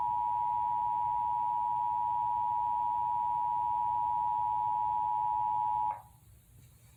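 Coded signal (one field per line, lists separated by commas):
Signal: Emergency Alert System (SAME) tones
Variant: 853 and 960 Hz attention tone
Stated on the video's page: Required monthly test relayed on a cable TV system.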